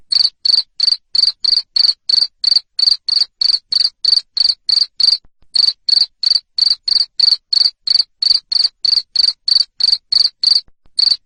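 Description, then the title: Cricket with a continuous string of shrill chirps, about three a second, with two brief pauses. Loud cricket chirping played to make lovebirds sing continuously. "Suara JANGKRIK NGERIK Keras Bikin LOVEBIRD Jadi NGEKEK Terus Vubey"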